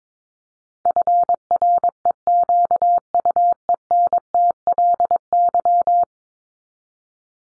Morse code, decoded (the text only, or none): FREQUENTLY